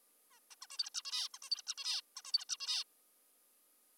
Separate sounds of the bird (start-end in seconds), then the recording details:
0.31-0.40, 0.51-0.55, 0.62-0.67, 0.70-0.78, 0.79-0.90, 0.94-1.02, 1.05-1.28, 1.34-1.38, 1.43-1.50, 1.51-1.62, 1.67-1.74, 1.78-2.01, 2.17-2.22, 2.25-2.32, 2.34-2.45, 2.49-2.57, 2.60-2.84. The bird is an adult. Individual g19o3U